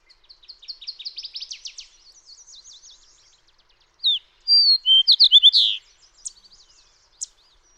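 Fox sparrow song: a series of softer rapid notes, then a loud bright phrase of sweet whistles and slurred notes.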